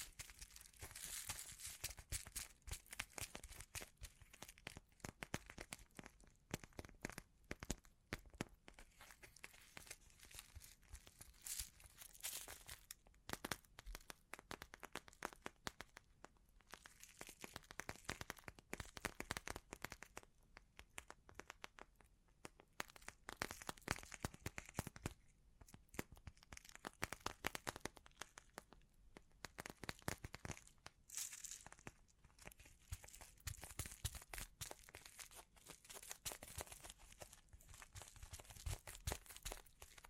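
Bling trigger sounds: a dense, continuous run of crinkling and crackling that covers the whole forty seconds, from low rumble up to bright sparkle. Short bursts and sharp cracks come in quick, irregular clusters, swelling and thinning in waves, without any pause.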